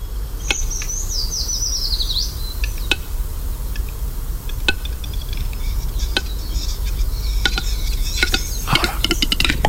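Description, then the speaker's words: Western capercaillie popping clicks: sharp, isolated knocks spaced unevenly a second or two apart, then bunching closely together near the end, with a thin high bird call early on and a steady low rumble underneath. Taponazo ('cloc, cloc') song element, heard from far off long before the rest of the song when approaching a display ground at 4 a.m., before dawn; males fan tails when singing; Val d'Inclés, Andorra. "Eso es lo que se oye de lejos cuando tú te aproximas a un cantadero de urogallos en la alta noche, a las 4 de la mañana."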